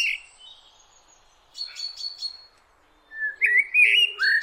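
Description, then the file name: Common blackbird singing: a faint high twitter, a short pause, then a rich mellow warbled phrase rising into squeaky notes at the end. "Turdus merula"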